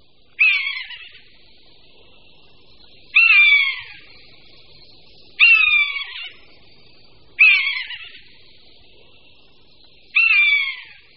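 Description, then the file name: Common buzzard repeating a loud, falling mewing call, five calls about every two to three seconds in a quiet setting. "Káně-lesní"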